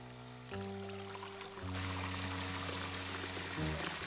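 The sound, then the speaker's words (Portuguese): Warm water pours steadily into a bubble bath, a continuous rushing splash that grows fuller partway through, with a low droning hum underneath that shifts pitch a few times. “Agora, é só dar um tempinho para as bolhas fazerem a mágica cheirosa.”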